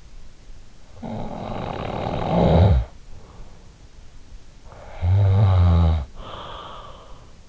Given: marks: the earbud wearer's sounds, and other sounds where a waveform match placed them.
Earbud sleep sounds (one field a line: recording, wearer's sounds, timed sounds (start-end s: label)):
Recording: sounds in sleep by an in-ear microphone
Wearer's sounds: snoring breath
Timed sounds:
0.40-3.38 s: snoring breath
4.64-7.49 s: snoring breath